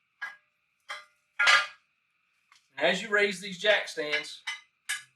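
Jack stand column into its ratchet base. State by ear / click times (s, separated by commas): not seated / none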